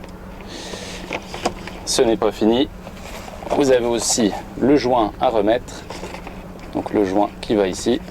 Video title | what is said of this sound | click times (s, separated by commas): 🛠️🛠️🛠️ TUTO Comment réaliser un entretien complet sur IVECO DAILY IV ??? | qui se clipse au fond ce | 1.1 s, 1.5 s